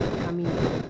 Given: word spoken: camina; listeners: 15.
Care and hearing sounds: one Spanish word in noise, from a listening test; noise modulated by three-talker babble; -3.4 dB; 2 of 15; 9 of 15; 0.50 s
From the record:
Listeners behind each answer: 9, 2, 2, 2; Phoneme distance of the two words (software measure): 10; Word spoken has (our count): 3 syllables, 6 phonemes, stress on syllable 2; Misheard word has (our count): 3 syllables, 6 phonemes, stress on syllable 2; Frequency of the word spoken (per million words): 11.64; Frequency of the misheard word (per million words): 195.53

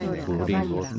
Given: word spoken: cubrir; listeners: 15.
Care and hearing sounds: one Spanish word in noise, from a listening test; four-talker babble; -0.2 dB; 5 of 15; 6 of 15; 0.59 s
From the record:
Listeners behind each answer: 6, 5, 1, 1, 1, 1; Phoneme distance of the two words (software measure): 24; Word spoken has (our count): 2 syllables, 6 phonemes, stress on syllable 2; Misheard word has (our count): 3 syllables, 8 phonemes, stress on syllable 2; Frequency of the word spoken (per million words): 32.00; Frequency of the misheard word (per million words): 0.65

